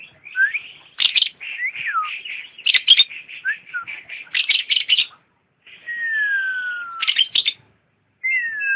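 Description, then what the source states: Lovebird song: rapid shrill chattering mixed with swooping whistles, a long descending whistle after a short pause, and a final downslurred note. Champion lovebird singing.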